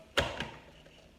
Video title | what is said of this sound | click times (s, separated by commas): AutoTrickler v4 - Setup and First Use | the Plexiglas top it snaps right into place fits right in perfectly into the grooves very good fit | 0.2 s, 0.4 s